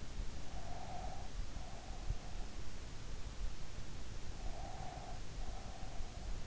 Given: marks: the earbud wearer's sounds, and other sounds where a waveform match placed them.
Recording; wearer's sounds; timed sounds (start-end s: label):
sounds in sleep by an in-ear microphone; breath
0.30-2.87 s: breath
4.23-6.46 s: breath